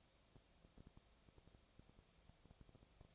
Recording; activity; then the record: daily activity, microphone in the room; no activity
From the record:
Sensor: 1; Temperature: 19.6 degrees Celsius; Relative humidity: 36.5%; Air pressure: 997.0 hPa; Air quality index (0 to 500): 204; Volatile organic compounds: 129 ppm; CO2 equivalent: 3924 ppm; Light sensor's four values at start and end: 1/2/1/1 and 1/2/1/1